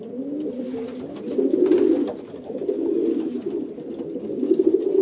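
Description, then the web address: Pigeon gives low, bubbling coos that grow louder after a quieter opening, with a short burst of rustling near the second second. "sound bird-pigeon"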